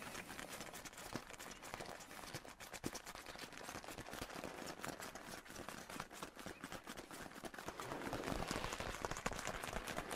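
Leather coat creaks and rustles close up, a dense run of crisp little clicks and crackles with scattered sharper snaps throughout. The handling stays busy and fairly even, growing slightly louder and fuller over the last two seconds.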